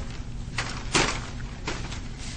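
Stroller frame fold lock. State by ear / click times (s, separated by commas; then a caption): seated / 0.9 s. A folded Baby Jogger City Mini Double stroller is lifted by its handle to open the frame, and the frame fold lock clicks into place at 0.9 s, the loudest hit in the clip. Softer clacks come just before it at 0.6 s and after it at 1.7 s over a steady low background rumble, and the lock ends up seated with the stroller unfolded.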